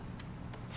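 A stack of vinyl window panels for a porch window frame is lifted and handled, with the top panel being brought up toward the top track. A low rumbling background carries a brief broadband tick at 0.2 s, a softer one near 0.5 s, and a rising hiss at the end. Nothing has seated or clicked yet; the top panel is not yet locked into the top track.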